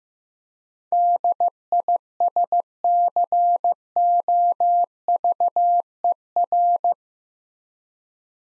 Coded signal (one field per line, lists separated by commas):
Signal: Morse code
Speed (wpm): 15 wpm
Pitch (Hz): 700 Hz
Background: none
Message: DISCOVER